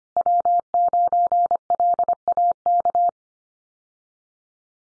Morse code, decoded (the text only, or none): W9LAK